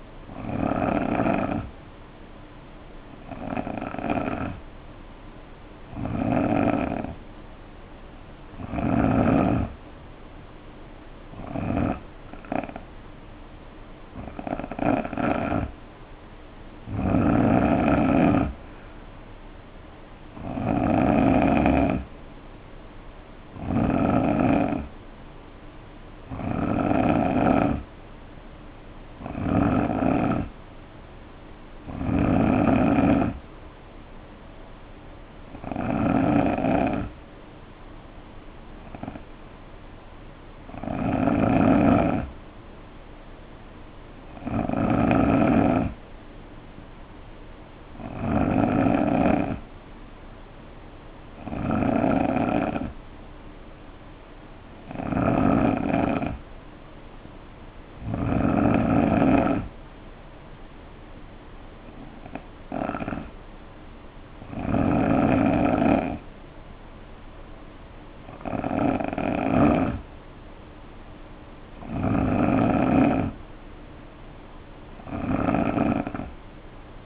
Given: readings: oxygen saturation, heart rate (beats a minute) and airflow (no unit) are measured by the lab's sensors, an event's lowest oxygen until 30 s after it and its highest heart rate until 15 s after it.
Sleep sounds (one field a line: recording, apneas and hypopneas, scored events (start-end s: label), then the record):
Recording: breathing in sleep by a voice recorder at the bedside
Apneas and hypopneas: 1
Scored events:
3.00-22.30 s: hypopnea (N2, oxygen 90% highest, then 87% lowest, heart rate 63 at the start, 66 highest)
12.00-77.06 s: new sleep stage, N3 (deep sleep)
From the record:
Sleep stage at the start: N2 (light sleep)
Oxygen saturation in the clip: 87 to 91%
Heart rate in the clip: 60 to 66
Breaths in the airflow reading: 24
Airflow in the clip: -5.2 to 3.2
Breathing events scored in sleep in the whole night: 520 in 7.2 hours asleep